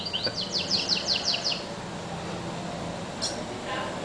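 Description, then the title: Double-collared seedeater: a rapid series of high, slurred downward notes lasting over a second, followed by quiet hiss and a couple of brief later notes. "Canto Coleiro"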